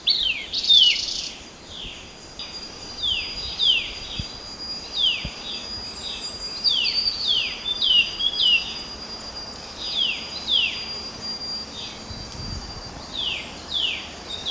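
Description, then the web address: Temminck's babbler giving a long run of sharp, descending whistled notes, often doubled, repeated every second or so, over a thin continuous high insect-like drone. "RAFFCNTRE. temminck-at-s babbler"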